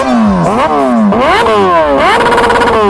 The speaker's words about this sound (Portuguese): Bora acelerar essa moto, maestro!